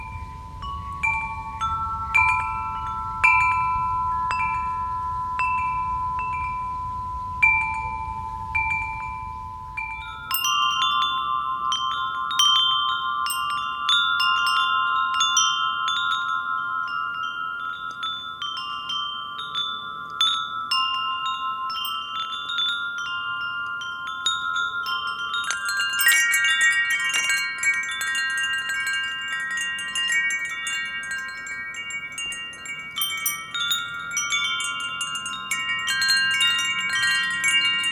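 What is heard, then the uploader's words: Wind chimes tinkle in a gentle breeze, their metal tones ringing out and overlapping in a steady shimmer of bright notes. A soft low rumble of wind fades after about ten seconds, and the strikes grow busier and brighter from around twenty-six seconds. As the gentle breeze flows through the chimes, you'll hear the soft tinkling of metal or glass, creating a melody.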